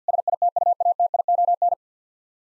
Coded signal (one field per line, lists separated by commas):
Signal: Morse code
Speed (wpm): 50 wpm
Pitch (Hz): 700 Hz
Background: none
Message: SITUATION